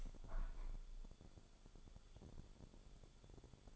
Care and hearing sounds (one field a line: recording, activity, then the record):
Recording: daily activity, microphone in the room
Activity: open window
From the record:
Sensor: 5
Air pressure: 1015.0 hPa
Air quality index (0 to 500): 96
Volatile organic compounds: 2 ppm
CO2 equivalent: 1025 ppm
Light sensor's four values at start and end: 35/80/32/31 and 35/80/32/31